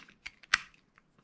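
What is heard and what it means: The side plate door of a 13 Inception baitcasting fishing reel is pushed closed onto the reel frame during reassembly. Small ticks at about 0.3 s lead up to a sharp, bright click at 0.5 s, followed by a few faint taps. The door clicks into place and is seated.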